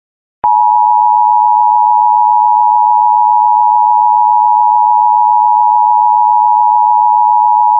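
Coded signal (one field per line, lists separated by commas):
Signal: Emergency Alert System (SAME) tones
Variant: 853 and 960 Hz attention tone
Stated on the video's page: Required weekly and monthly tests only.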